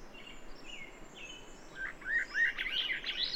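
Bird song: faint thin whistles first, then a fast, louder jumble of high chirps through to the end.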